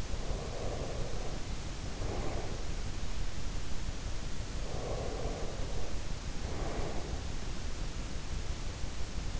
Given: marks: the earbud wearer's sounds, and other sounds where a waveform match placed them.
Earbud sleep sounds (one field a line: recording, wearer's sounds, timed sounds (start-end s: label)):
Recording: sounds in sleep by an in-ear microphone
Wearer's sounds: breath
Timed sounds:
0.00-2.87 s: breath
4.39-7.40 s: breath